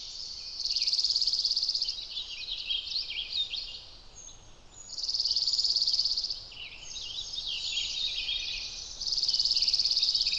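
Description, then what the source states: Dark-eyed Junco trills, bright rapid trills repeated every few seconds. Musical trills on a warm morning in Sequoia National Park forest, heard from 150 feet off the ground.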